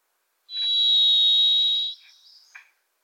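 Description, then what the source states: Varied thrush sings a loud, steady, vibrating whistle about one and a half seconds long, with a few faint lower clicks afterward. Wild bird singing, hard to locate, from deep within Pacific Northwest forest; voice likened to 'Listen. Listen. Listen.'.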